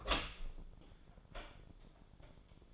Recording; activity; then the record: daily activity, microphone in the room; open door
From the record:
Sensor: 5